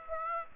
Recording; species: mosquito wingbeat signal from an infrared sensor; Aedes aegypti